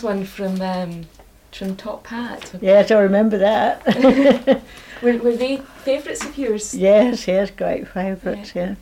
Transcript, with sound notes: Here's one from erm, from Top Hat.
Yes, I remember that! [laughs]
Were they favourites of yours?
Yes. Yes, great favourites, yeah.